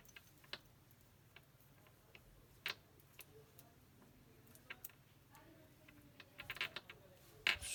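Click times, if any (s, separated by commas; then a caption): none. A hand-cut SIM card, whose edges were not cut straight, is pushed into the SIM slot of a Casper VIA A1 phone. Small, sharp plastic-contact ticks sound at about 0.5 and 2.7 seconds, a quick cluster around 6.5 to 6.8 seconds, and the loudest tick at 7.5 seconds. The card does not sit fully in place, and nothing has seated or clicked yet.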